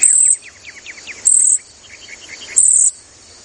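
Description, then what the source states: Cedar Waxwing trills: three thin, very high, hissing trilled notes about every 1.3 seconds, with faint lower chirps between them. Quiet voice; the song is only a very soft trilling, fairly hard for people to hear; flocks use high-pitched trills and buzzy calls to keep track of each other.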